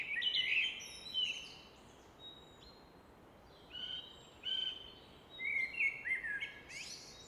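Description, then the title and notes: Common nightingale singing varied bursts of chattering and whistled notes, separated by short pauses, over steady rushing background noise. Evening song in Fläsch, Switzerland; rushing of the Rhine reflected off a rock face in background; recorded with Fostex FR2 and MKH 800. "Fläsch, Schweiz - Abendstimmung Nachtigall. Im Hintergrund wird das Rauschen des Rheins von einer Felswand reflektiert"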